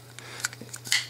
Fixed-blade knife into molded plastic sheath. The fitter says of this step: you get that nice positive click and you know that the the